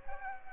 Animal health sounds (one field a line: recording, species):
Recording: mosquito wingbeat signal from an infrared sensor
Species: Culex pipiens